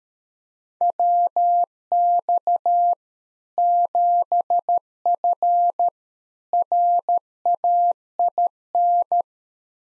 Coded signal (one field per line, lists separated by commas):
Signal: Morse code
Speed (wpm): 13 wpm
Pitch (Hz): 700 Hz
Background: none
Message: WX 7F RAIN